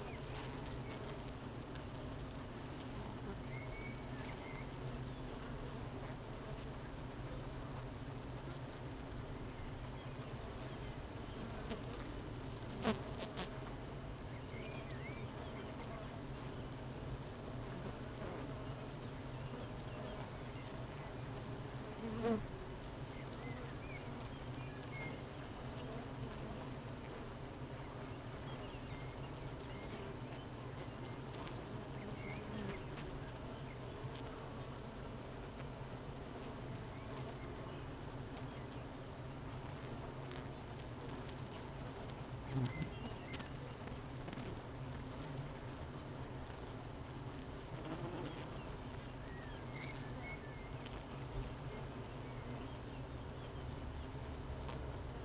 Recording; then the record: honeybee colony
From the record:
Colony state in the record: missing queen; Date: 31 May 2018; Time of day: 8:14